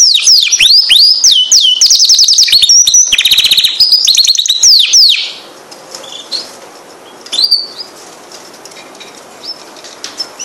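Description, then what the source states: Canary singing rapid, high, looping whistled trills and chirps for about five seconds, then only scattered faint chirps. Jibar canary.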